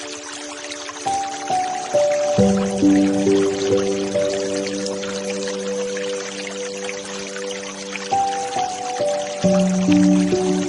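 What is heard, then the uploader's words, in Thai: Water flows in a steady, dense hiss that fills the whole clip without pause. Over it, clear sustained tones step in and shift pitch, rising into a bright chord around the first and eighth seconds and settling into a lower hum after. เสียงน้ำไหล่.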